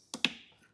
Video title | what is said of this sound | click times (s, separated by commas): OKSIWA Full Driver Side LED Install test | You hear a snap. | 0.1 s, 0.2 s